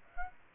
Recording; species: mosquito wingbeat signal from an infrared sensor; Aedes aegypti